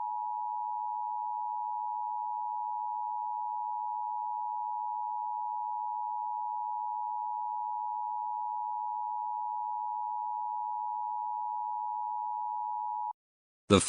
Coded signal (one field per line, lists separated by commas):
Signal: Emergency Alert System (SAME) tones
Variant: 853 and 960 Hz attention tone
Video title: EAS Scenario: The return of Elvis Aaron Presley